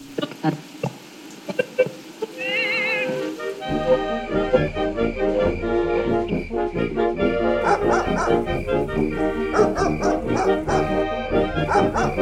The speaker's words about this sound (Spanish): ¿Cuántas veces ya les he dicho que amarren a ese perro? Luego se espanta la gente.